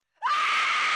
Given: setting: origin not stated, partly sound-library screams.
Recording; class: one-second piece from a danger detection set; woman in danger